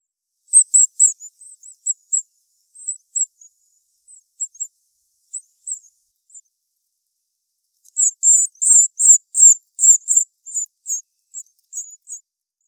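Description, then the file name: Great tit calls: thin, very high notes in short runs, sparse at first, then a louder rapid series of many notes near the end, on a silent background. "Parus major"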